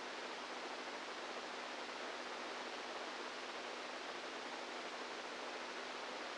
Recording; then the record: brain microelectrode recording played as sound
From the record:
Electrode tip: inside the subthalamic nucleus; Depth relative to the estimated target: -4 mm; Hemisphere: right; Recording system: NeuroSet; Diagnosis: Parkinson's disease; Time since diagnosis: 10 years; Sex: female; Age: 67 years